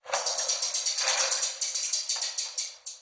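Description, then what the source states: Marmoset calls, a rapid series of high, chirpy, twittering notes, with a brief pause near the end. Small monkey living mainly in South America; marmosets change pitch, call louder when another is far away, and wait for noise to stop before calling.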